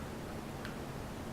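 A small plastic release latch locking the battery inside an action camera's battery compartment is pulled, giving a short tick at 0.6 s over steady background noise. The latch releases and the battery comes out.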